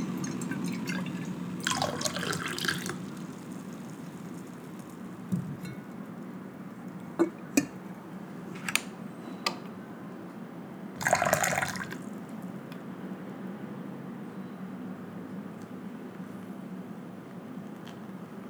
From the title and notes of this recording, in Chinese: 靜默的手沖一杯咖啡。今日手沖咖啡豆：肯亞AA 綺凱合作社 肯亞式雙重發酵水洗。